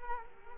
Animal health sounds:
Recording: mosquito wingbeat signal from an infrared sensor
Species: Culex quinquefasciatus

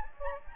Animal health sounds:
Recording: mosquito wingbeat signal from an infrared sensor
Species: Anopheles gambiae

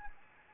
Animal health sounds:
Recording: mosquito wingbeat signal from an infrared sensor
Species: Anopheles gambiae

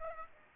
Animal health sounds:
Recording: mosquito wingbeat signal from an infrared sensor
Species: Aedes aegypti

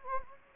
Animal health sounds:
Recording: mosquito wingbeat signal from an infrared sensor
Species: Anopheles gambiae

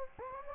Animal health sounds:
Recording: mosquito wingbeat signal from an infrared sensor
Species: Anopheles gambiae

